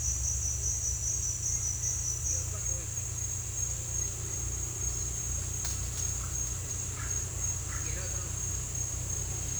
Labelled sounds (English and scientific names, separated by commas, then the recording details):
none
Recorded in dense forest near Puerto Asís, Putumayo, Colombia, on 16 December 2024 at 08:30
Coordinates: 0.467, -76.328
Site GP05